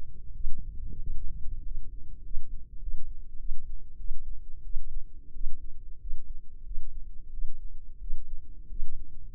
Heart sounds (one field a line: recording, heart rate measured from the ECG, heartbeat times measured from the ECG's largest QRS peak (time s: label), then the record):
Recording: heart sounds by microphone in the left ear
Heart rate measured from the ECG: 93 bpm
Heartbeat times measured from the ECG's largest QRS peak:
0.32 s: heartbeat
0.98 s: heartbeat
1.62 s: heartbeat
2.22 s: heartbeat
2.79 s: heartbeat
3.37 s: heartbeat
3.97 s: heartbeat
4.63 s: heartbeat
5.32 s: heartbeat
5.98 s: heartbeat
6.63 s: heartbeat
7.30 s: heartbeat
7.99 s: heartbeat
8.67 s: heartbeat
9.32 s: heartbeat
From the record:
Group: healthy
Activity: rest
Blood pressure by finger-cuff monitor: 132/80 mmHg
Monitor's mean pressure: 97 mmHg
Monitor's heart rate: 91 bpm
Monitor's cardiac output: 7.3 L/min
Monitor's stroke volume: 79 mL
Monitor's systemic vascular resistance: 960 dyn s/cm5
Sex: female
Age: 24 years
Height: 163 cm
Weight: 55.7 kg